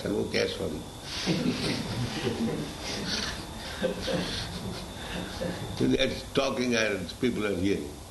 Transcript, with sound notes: who cares for it? [laughter] They're talking and people are hearing.